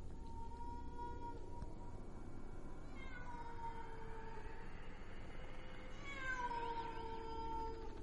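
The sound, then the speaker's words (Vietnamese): A pack of feral cats yowl mournfully outside at night, long wavering cries that rise and bend in pitch, several overlapping calls coming in drawn-out waves over a steady hiss of background noise. “Ở bên ngoài, tiếng của bầy mèo hoang cứ kêu lên.”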